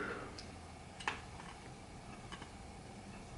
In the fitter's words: a little fussy but it's got to be yeah there we go and it clicks in